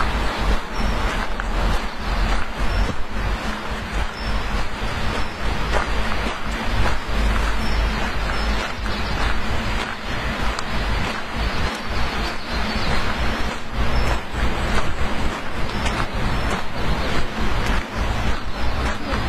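Flowing water rushes steadily for the whole stretch, a dense, unbroken wash of sound from deep low rumble up to bright hiss. Loudness barely changes, with only small ripples and brief dips, and no separate events stand out.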